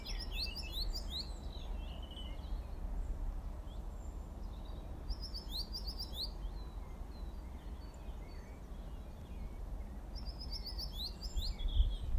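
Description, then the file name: Cirl bunting song, brief rattling bursts of high, down-slurred notes repeated roughly every five seconds, with a constant low rumble beneath. "zaunammer"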